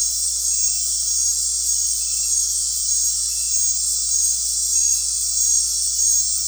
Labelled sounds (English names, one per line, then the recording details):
none
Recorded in dense forest near Puerto Asís, Putumayo, Colombia, on 13 March 2025 at 19:00
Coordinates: 0.503, -76.323
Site GP09